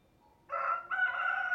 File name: Rooster Crowing Sound